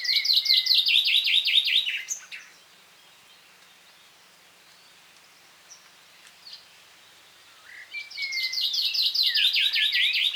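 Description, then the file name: Common chaffinch song: a bright rattling trill of descending notes ending in a flourish, given twice with a quiet pause of several seconds between. "Fringilla coelebs"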